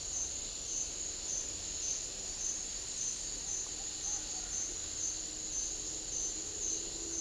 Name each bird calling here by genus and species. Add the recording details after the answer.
none. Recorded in dense forest near Puerto Asís, Putumayo, Colombia, on 18 February 2024 at 09:00. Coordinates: 0.500, -76.322. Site G6465